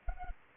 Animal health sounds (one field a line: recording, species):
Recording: mosquito wingbeat signal from an infrared sensor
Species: Anopheles arabiensis